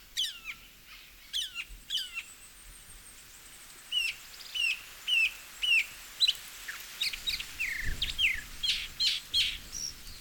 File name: Northern mockingbird